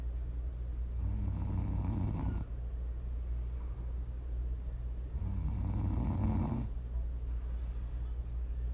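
An adult snoring in sleep: two rough, low snoring breaths about four seconds apart, each lasting roughly one and a half seconds, over a steady low background hum.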